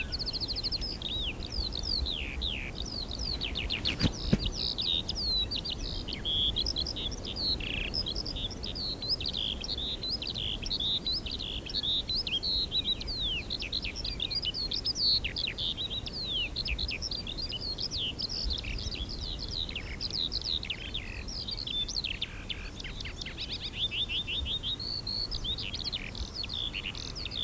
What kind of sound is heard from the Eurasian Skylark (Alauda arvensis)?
song